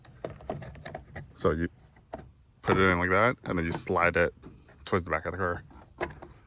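On a 2001-2006 Acura MDX rear driver-side (left) door, during a window regulator motor rail replacement for a broken cable, a part with three hooks is set into the rear door frame and slid toward the back of the car. Someone talks while sharp taps and scrapes of handling sound throughout. Nothing has seated or clicked yet.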